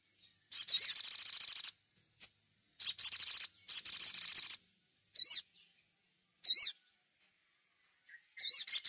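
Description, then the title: Little spiderhunter: three bursts of quick, high, ticking trills, then spaced wavering chirps and a final trill starting. A thin high whine sounds in the background. Masteran (training recording). "Masteran Burung Sogok Ontong Labaik"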